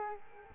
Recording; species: mosquito wingbeat signal from an infrared sensor; Culex quinquefasciatus